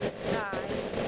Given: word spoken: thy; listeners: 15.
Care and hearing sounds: one English word in noise, from a listening test; noise modulated by three-talker babble; -6.2 dB; 0 of 15; 10 of 15; 0.68 s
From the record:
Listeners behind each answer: 10, 1, 1, 1, 1, 1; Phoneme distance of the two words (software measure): 10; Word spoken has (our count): 1 syllable, 2 phonemes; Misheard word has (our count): 1 syllable, 2 phonemes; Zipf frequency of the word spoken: 3.97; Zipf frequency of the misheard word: 4.90

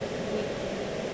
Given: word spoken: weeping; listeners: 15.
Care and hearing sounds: one English word in noise, from a listening test; speech-shaped noise; -6.5 dB; 0 of 15; 7 of 15; 0.74 s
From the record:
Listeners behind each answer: 7, 2, 1, 1, 1, 1, 1, 1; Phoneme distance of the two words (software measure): 30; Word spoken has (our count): 2 syllables, 5 phonemes, stress on syllable 1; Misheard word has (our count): 2 syllables, 5 phonemes, stress on syllable 1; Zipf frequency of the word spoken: 3.36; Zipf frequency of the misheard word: 4.02

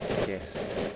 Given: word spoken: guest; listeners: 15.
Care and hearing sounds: one English word in noise, from a listening test; noise modulated by three-talker babble; -4.3 dB; 0 of 15; 10 of 15; 0.56 s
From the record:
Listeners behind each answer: 10, 2, 2, 1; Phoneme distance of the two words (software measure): 7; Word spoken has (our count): 1 syllable, 4 phonemes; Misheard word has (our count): 1 syllable, 3 phonemes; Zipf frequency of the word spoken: 4.58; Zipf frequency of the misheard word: 5.16

